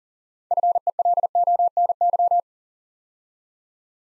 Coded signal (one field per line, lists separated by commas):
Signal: Morse code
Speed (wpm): 41 wpm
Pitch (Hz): 700 Hz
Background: none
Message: FELONY